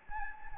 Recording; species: mosquito wingbeat signal from an infrared sensor; Anopheles gambiae